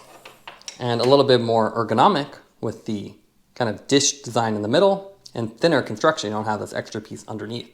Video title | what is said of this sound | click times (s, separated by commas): Topeak Shuttle Lever Pro Bike Tire Lever Set Review - feat. Magnetic Storage + Three Lever Set | well this one you get the magnet design the magnet design which is a lot easier so it just pops into place | 0.7 s